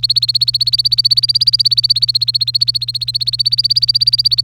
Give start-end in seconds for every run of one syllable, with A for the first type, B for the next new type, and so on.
0.00-4.43 A